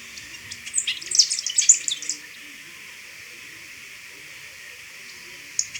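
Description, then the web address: Golden-rumped euphonia: a fast jumble of high twittering notes lasting about one and a half seconds, then quiet with one brief chirp at the end. Ecuador. "Natures Songs S America Birds of Ecuador. Golden-Rumped Euphonia"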